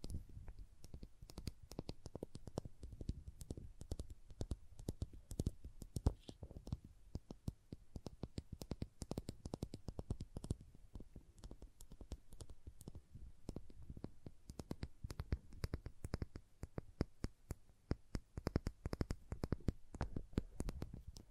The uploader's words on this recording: ASMR Sleepy Crayons Tapping, Carving, Cutting, Drawing Sounds (No Talking).